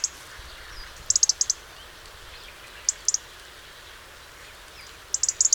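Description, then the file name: European robin calls: thin, high-pitched ticks, singly, in pairs and in tight clusters of four or five, separated by pauses of a second or more. "Erithacus rubecula"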